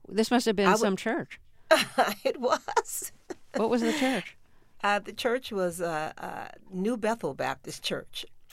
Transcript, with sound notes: This must have been some church.
It was (laughter).
What was the church?
The church was a New Bethel Baptist Church.